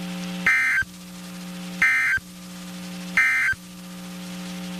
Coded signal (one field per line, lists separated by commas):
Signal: Emergency Alert System (SAME) tones